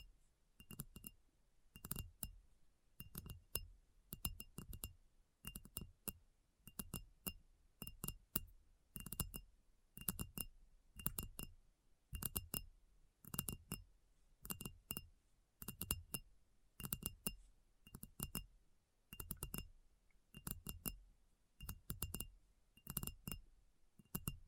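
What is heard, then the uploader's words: Quick tapping on a hard, glassy surface, sharp clinking taps arriving in rapid bursts and clusters throughout. ASMR Addictive Tapping. (No Talking).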